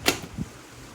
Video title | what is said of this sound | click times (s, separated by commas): Saker 20V Cordless Hedge Trimmer / Grass Shear. Better than a Stihl? | snap into place take the cover off | 0.1 s